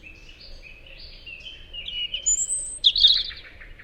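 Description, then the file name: European robin singing thin, drawn-out whistles at shifting pitches, rising to a very high note before a fast jangling trill. "Erithacus rubecula"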